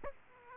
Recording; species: mosquito wingbeat signal from an infrared sensor; Aedes aegypti